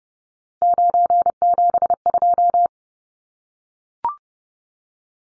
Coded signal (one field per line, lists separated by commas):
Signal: Morse code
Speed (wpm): 30 wpm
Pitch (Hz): 700 Hz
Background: none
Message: 972